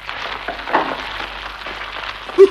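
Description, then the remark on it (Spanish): A crackling fire in a fireplace: a steady hiss with dense, irregular pops and snaps throughout, one slightly louder flare early on and a brief sharper burst near the end, with no voices. “El lobo bajará por la chimenea y se encontrará que lo recibe un buen fuego crepitante.”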